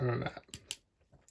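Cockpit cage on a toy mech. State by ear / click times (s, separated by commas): partly seated / 0.7 s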